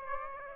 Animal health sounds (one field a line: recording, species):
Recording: mosquito wingbeat signal from an infrared sensor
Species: Aedes aegypti